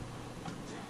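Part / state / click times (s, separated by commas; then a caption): coolant hose quick-connect fitting onto thermostat housing outlet / not seated / none. A coolant hose quick-connect fitting with a plastic retaining clip is being handled at the thermostat housing outlet nipple of a Volvo T6 or 3.2 engine (S60, V60, V70, XC70, XC60). Only a steady low hum and faint handling rustle are heard, with a slight bump near 0.5 s. Nothing has seated or clicked yet.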